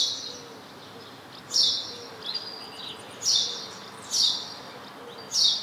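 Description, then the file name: House sparrow chirps: four loud, scratchy high notes roughly a second apart, with a faint softer chirp between them and a low hum underneath. "Passer domesticus"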